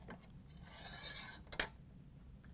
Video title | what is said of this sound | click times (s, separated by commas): How To: Frigidaire/Electrolux Ice Auger 241716101 | push this in there so it locks into place. | 1.6 s